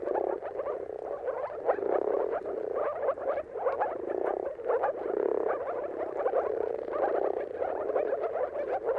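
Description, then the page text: Chorus of moor frogs, rounded bubbling calls rising and falling in loose pulses, densely layered throughout. Moor frogs in a mating chorus at sunrise, at the turn of March and April, timing depending on the weather. "Jakub-Orzecki moor frogs. Dawn’s Chorus: Mating Calls of Marsh Frogs at Sunrise. Depending on the weather at the turn of March and April, you can witness an amazing spectacle of moor frogs. earth.fm"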